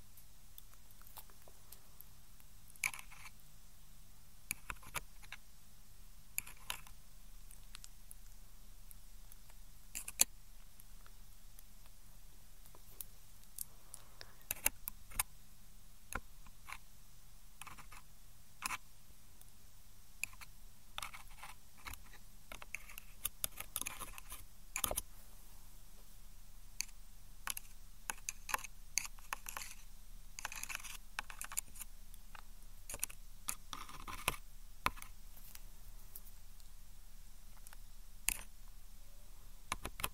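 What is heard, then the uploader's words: Ear cleaning sounds: sharp crackles, clicks and taps scattered across the whole stretch, some landing singly and others in quick little clusters. The clicks are bright and crisp, denser after about twenty seconds, over a steady low hum. ASMR EXTREMELY TINGLY Ear Cleaning Sounds.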